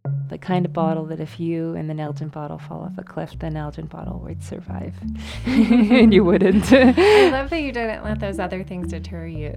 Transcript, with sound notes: The kind of bottle that if you and the Nalgene bottle fall off a cliff, the Nalgene bottle would survive and you wouldn't. [laughs]
I love that you don't let those other things deter you.